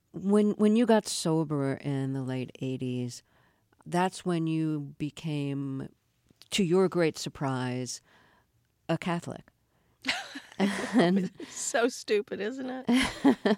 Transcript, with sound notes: When you got sober in the late '80s, that's when you became, to your great surprise, a Catholic.
(Laughter) So stupid, isn't it?